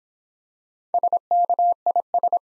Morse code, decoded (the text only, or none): SKIS